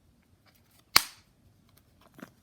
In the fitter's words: them in on themselves and so you hear a snap and we'll put that off to the side